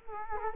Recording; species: mosquito wingbeat signal from an infrared sensor; Culex quinquefasciatus